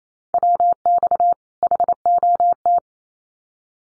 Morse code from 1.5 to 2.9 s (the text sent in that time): HOT